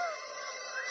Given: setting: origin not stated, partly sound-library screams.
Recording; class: one-second piece from a danger detection set; woman in danger